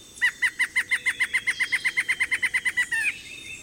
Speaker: Deep in a thicket, two black-hooded ant shrikes call.